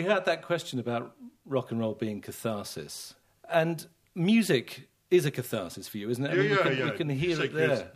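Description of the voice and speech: An adult man speaks clearly and fluently in a conversational interview, with natural pauses and ordinary pitch movement. Voice quality, articulation and rate sound typical.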